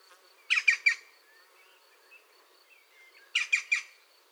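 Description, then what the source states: European green woodpecker calls: two bursts of three harsh, grating notes, separated by a soft, quiet gap. A pair active at the nest.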